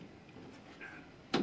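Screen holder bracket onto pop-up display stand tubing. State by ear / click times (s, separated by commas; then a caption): seated / 1.3 s. A screen holder bracket for an Expolinc pop-up display stand, its plastic hook moldings resting on the stand's tubular frame, is pulled down. After a quiet stretch with a faint soft scrape around 0.8 s, a single sharp click sounds at 1.3 s as the bracket seats onto the frame tubing.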